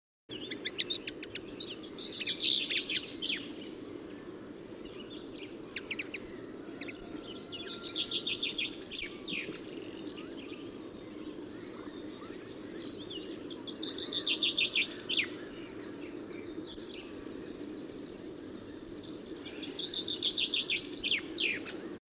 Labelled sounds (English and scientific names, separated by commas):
Common Linnet (Linaria cannabina), Common Chaffinch (Fringilla coelebs) song